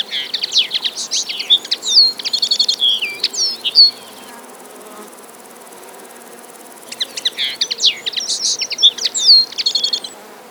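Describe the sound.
Common linnet song: rapid twittering of high buzzy and chirping notes in two bursts of about four seconds, separated by a short quiet gap.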